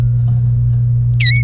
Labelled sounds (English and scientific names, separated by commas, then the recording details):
Domestic Canary (Serinus canaria) song
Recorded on 1 May 2018 at 15:16
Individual llb3